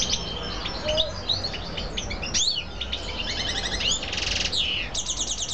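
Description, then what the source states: Canary song with slurred whistles, rapid rattling trills and dense buzzy bursts, switching phrases every second or so. Female bird.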